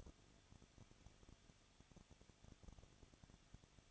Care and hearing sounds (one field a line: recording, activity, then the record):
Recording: daily activity, microphone in the room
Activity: no activity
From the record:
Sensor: 4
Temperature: 23.0 degrees Celsius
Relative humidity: 34.4%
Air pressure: 1007.3 hPa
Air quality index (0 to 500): 216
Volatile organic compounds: 15 ppm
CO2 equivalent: 2508 ppm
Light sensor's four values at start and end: 2/3/1/1 and 2/3/1/1